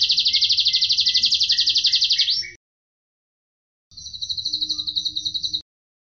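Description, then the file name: Atlantic canary song: a fast, bright trill of over two seconds, then a silence and a second, softer high trill. Canary singing in the Cililin song style, used as fill (isian) material for training songbirds. "suara kenari isian cililin omkicau"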